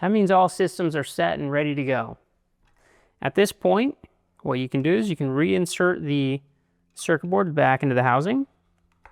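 Someone talks while a fire suppression controller's circuit board for a range hood unit is handled, about to be pushed back into its plastic housing. Two faint, brief ticks occur near the end at about 8.9 s and 9.1 s. The clip ends before the board goes home, so nothing has seated or clicked into place yet.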